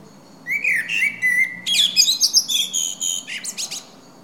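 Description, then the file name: Common blackbird song: a smooth fluted warble, then a lively string of high, squeaky, chattering notes. "Turdus merula"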